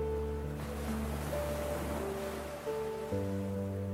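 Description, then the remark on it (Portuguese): Ocean waves roll in with a steady, hissing wash of surf, layered over soft sustained low tones that shift pitch slowly. No one speaks. “Sinta o ritmo das ondas sincronizado com a sua respiração.”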